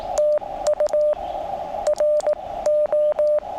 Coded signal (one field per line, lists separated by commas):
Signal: Morse code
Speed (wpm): 18 wpm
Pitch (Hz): 590 Hz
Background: radio noise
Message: TU RO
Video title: Morse Code in the Smoky Mountains